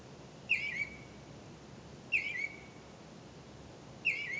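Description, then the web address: Bird calls: sharp descending chirps trailing into a softer tail, repeated about every two seconds, three times, over light background noise. "misc bird"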